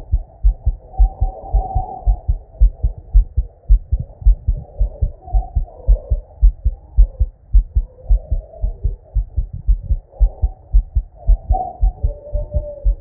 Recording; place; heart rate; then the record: heart sounds by stethoscope; Erb's point; 114 bpm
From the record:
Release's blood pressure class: hypertension stage 1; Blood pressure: 130/70 mmHg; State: at rest